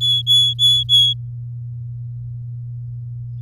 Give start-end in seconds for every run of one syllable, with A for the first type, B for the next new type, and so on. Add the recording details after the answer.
0.01-1.14 A. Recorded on 9 May 2018 at 09:13. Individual llb16